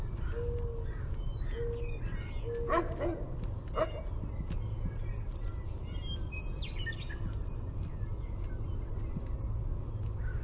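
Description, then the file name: Eastern kingbird uttering short, high, buzzy notes roughly once a second, with a soft low whistle and a few lower sounds under a steady hum. "EAKI RRV"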